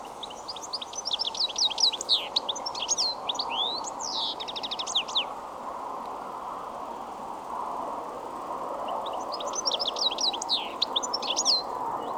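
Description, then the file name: European Goldfinch twittering calls, rapid liquid high-pitched notes in two busy bursts separated by a gap of about four seconds, over steady low background noise. "Carduelis carduelis"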